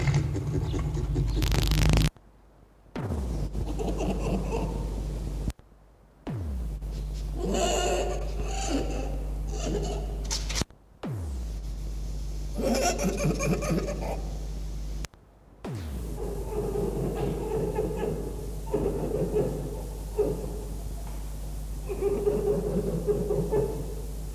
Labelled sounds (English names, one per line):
Red Fox